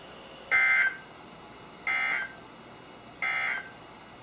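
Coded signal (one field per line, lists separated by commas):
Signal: Emergency Alert System (SAME) tones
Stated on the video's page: NOAA Weather Radio alerts from Sterling, VA via KHB36 162.550, WXM42 162.475, WNG736 162.450 and KEC83 162.400 MHz on various weather radios.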